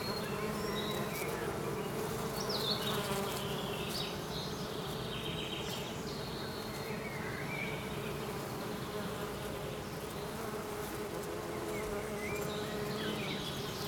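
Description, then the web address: Bees buzzing in a steady, dense hum with layered low tones, while faint bird chirps flicker in the background. "Soundscape Abeille"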